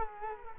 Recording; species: mosquito wingbeat signal from an infrared sensor; Culex quinquefasciatus